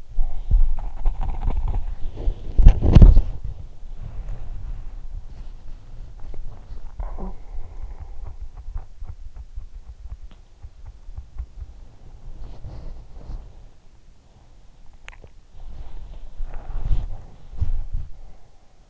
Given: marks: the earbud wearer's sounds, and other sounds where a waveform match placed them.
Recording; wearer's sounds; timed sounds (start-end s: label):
sounds in sleep by an in-ear microphone; body movement, talking in sleep, swallowing
0.00-18.90 s: body movement
6.91-7.56 s: talking in sleep
14.79-15.51 s: swallowing
18.01-18.90 s: sound from someone else or the room